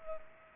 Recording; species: mosquito wingbeat signal from an infrared sensor; Culex pipiens